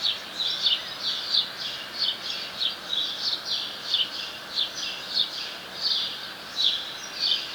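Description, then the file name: House sparrow, a steady series of about a dozen short bright chirps over constant hiss. "Passer domesticus"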